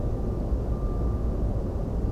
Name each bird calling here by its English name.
none